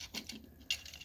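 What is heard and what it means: During conversion of a Transformers Kingdom Huffer robot toy, with the wheels moved to the back, a plastic section is swung all the way up and pushed until its peg seats in the matching hole on the robot body. Soft plastic handling rustles and small ticks lead up to a single loud, sharp click at 0.7 s, followed by a few faint ticks. The peg is seated.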